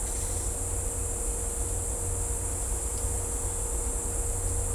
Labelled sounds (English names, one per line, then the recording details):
none
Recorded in dense forest near Puerto Asís, Putumayo, Colombia, on 16 December 2024 at 10:30
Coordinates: 0.503, -76.323
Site G043